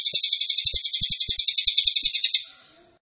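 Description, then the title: Cililin song: a steady, rapid series of bright, high-pitched notes forming a continuous trill of about two and a half seconds. Cililin song, used to teach songbirds. "Cililin AMPUH. Masteran Burung cililin masteran sang juara"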